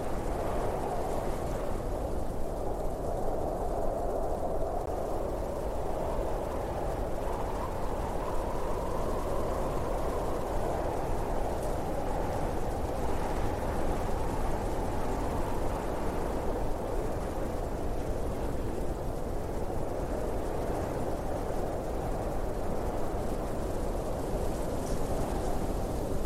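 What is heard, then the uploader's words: A heavy blizzard wind roars without pause, a dense, deep rumble that stays loud and steady for the whole stretch. A thinner hiss rides above it, swelling and easing in slow waves, with brief gusts around the middle and near the end. Blizzard Snowstorm & Arctic Howling Wind Sounds. Igloo Ambience. Icy cold,cold wind.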